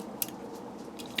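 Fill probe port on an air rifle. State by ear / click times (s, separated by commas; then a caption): seated / 0.2 s, 1.2 s. The fill probe port on a Leshiy air rifle is moved into one of its two positions and snaps into its detent with a firm, positive click. Sharp clicks sound at 0.2 s and 1.2 s over a low, steady background hum, and the port is seated in position.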